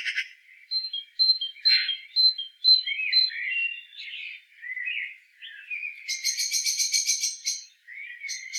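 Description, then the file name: Great tit calls: repeated high chipping notes and lower twitters, ending in a loud buzzy churr of fast harsh pulses. "Parus major"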